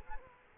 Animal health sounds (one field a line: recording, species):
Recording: mosquito wingbeat signal from an infrared sensor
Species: Culex quinquefasciatus